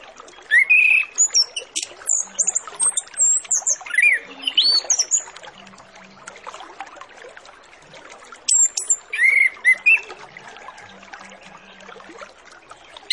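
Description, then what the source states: Orange-headed Thrush song: two long bursts of varied whistled slurs, rising and falling notes and very high squeaks, with quieter hissing gaps between them. Master lure recording with full filler phrases, used to prompt Orange-headed Thrushes to start singing quickly.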